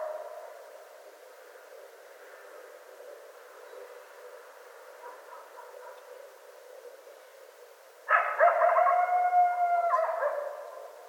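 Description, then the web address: Coyote howl: several seconds of faint, muffled calling, then a loud sustained howl with yipping texture entering near the end. Several coyotes recorded on 25 January 2013. "sounds mammals Coyote 2013 01 25 Coyotes 01"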